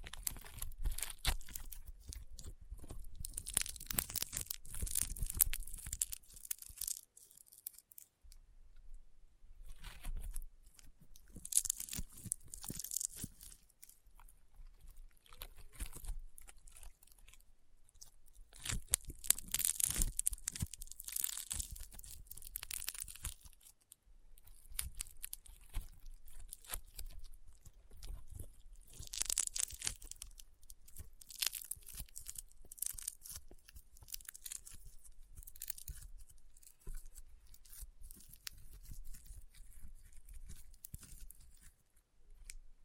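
Crunchy, popping slime being squeezed and pressed, with dense bursts of crackling clicks that come in waves every few seconds. The crunches are bright and sharp, swelling and fading with short quiet gaps between handfuls, and a low thumping runs underneath.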